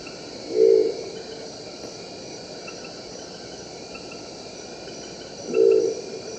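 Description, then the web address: Crested owl growling call: two short, deep rumbling notes about five seconds apart, set against a steady drone of insects. Eastern lowlands of South America. "Natures Songs S America Eastern Lowlands. Crested Owl"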